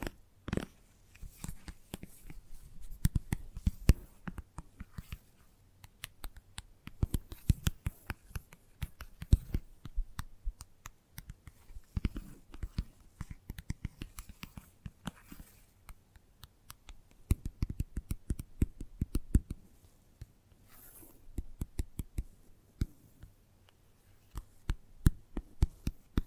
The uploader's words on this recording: ASMR Gentle Tapping Tickles Your Brain (No Talking).